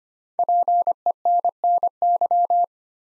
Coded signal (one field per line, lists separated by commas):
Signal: Morse code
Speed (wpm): 25 wpm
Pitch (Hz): 700 Hz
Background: none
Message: PENNY